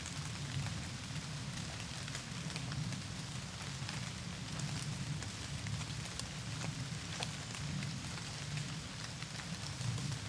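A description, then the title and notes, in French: Water drips from trees in a forest after a night of autumn rain, scattered drops landing irregularly on leaves and ground throughout. Beneath them runs a steady low rumble, likely wind or traffic, with a faint continuous hiss filling the background. Pluie d'automne en forêt de Grésigne. Forêt de Grésigne - Tarn. Il ne pleut plus du ciel mais les arbres suintent de la pluie nocturne.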